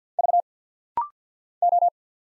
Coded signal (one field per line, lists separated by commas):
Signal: Morse code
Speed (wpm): 48 wpm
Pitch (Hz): 700 Hz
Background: none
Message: V O